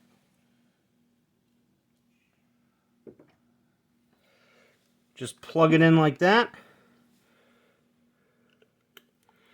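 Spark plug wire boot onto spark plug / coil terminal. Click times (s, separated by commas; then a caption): 9.0 s. A spark plug wire boot is pushed onto its spark plug or coil terminal during a Dodge Neon tune-up with spark plug and spark plug wire replacement. Someone talks around 5.2–6.5 s, and soft handling sounds follow. The boot pops into place with a sharp click at 9.0 s, and the boot is seated.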